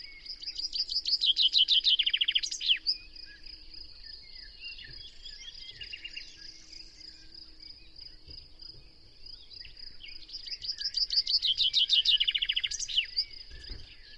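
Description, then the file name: Common chaffinch delivering two cheerful descending trills with an emphatic ending, separated by several seconds, over a continuous high-pitched insect-like drone. "Fringilla coelebs"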